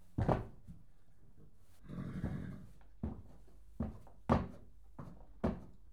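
Horse kicking at a stable door: a sharp thud, a rough scraping rumble, then four separate heavy knocks.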